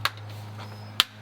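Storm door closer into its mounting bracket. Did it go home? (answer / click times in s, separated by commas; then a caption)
yes / 1.0 s. A storm door closer part is guided into its mounting bracket and clicks into place at 1.0 s, seating it. A softer tap comes near the start, and a steady low hum runs underneath throughout.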